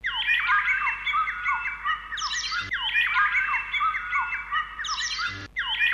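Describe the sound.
Birds giving many overlapping squeaky, downslurred calls; the same burst of chatter repeats about every three seconds over a low steady hum.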